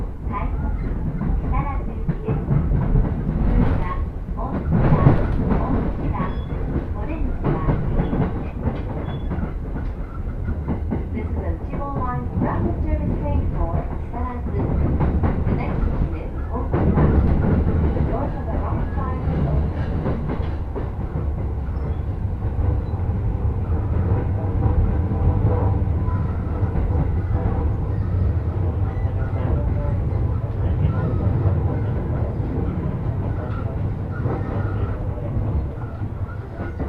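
A rapid train ride on the Uchibo Line from Chiba toward Kisarazu, with a steady low rumble and rattle of the car throughout. Voices talk intermittently over it, busier around five and seventeen seconds, while the running noise deepens slightly in the second half.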